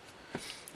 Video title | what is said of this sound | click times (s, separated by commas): Panasonic Lens Fix | one does it's not as nice as the original but there is a click there you can hear it and | 0.7 s